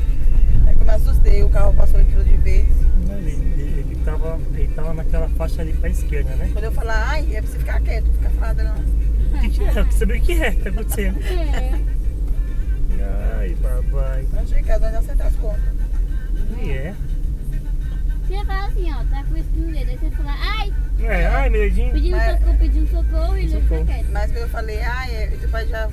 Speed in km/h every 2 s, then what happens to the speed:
46, 49, 47, 44, 41, 39, 37, 33, 26, 24, 28, 32, 33.
0-5 steady at about 47. 5-17 slows to 24. 17-26 speeds up to 33.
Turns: none.